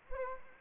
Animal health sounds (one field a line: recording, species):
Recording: mosquito wingbeat signal from an infrared sensor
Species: Culex quinquefasciatus